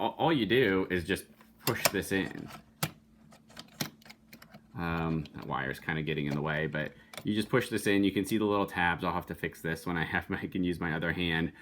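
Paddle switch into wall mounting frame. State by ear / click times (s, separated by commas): seated / 2.8 s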